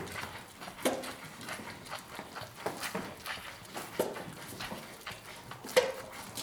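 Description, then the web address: Cattle: calves suckling, with scattered wet sucks and slurps, a few sharper ones standing out. "The BBC Sound Effects Library. Calves Suckling"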